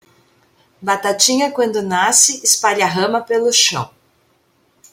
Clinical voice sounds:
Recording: short text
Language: Brazilian Portuguese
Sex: female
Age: 50 to 59 years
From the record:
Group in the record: control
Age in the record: 55 years

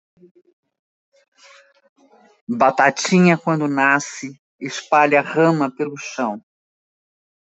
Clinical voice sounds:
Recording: short text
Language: Brazilian Portuguese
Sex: female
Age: 70 to 79 years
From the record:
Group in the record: control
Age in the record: 72 years

